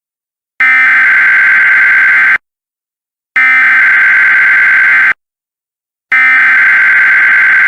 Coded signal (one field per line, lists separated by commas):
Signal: Emergency Alert System (SAME) tones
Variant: header bursts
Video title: EAS Scenario - Omega